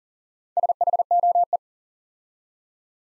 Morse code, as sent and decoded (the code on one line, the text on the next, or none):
... .... --- .
SHOE